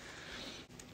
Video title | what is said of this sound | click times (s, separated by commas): China’s RPK - Type 81 LMG Overview | forward of that we have this little carry handle which is uh actually quite nice kind of clicks in place down there | 0.8 s